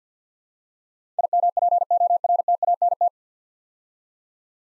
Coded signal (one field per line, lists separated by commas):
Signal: Morse code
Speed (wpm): 48 wpm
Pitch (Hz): 700 Hz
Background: none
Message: IMPORTANT